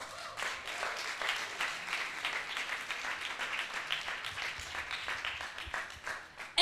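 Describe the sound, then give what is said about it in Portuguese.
A crowd applauds a poet called to the stage, a steady, dense, crackling wash of hand claps that holds an even, moderate loudness for several seconds with no voices over it. “Palmas para o poeta.”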